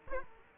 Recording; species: mosquito wingbeat signal from an infrared sensor; Aedes aegypti